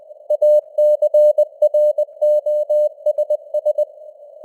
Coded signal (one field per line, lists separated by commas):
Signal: Morse code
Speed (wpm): 20 wpm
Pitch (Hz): 600 Hz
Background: none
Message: ACROSS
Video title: Morse Code News | 2026-01-04 | 20wpm